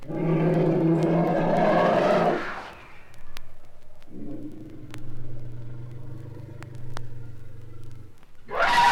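Sea lion giving a long, coarse bellow that fades out, then a lower, quieter drawn-out call, with another loud call starting at the very end.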